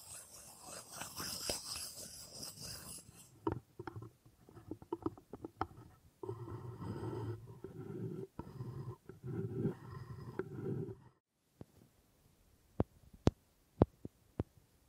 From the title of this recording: Wood Triggers